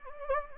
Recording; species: mosquito wingbeat signal from an infrared sensor; Anopheles gambiae